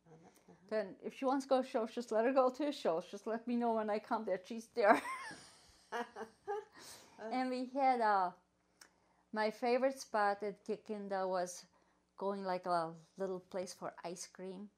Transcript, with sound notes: " T "t hen, if she wants to go t o the show, just let her go to a the show., J j ust let me know when I come that she's there. (both laugh) And we had my favorite spot in Kikinda, was going like little place for ice cream.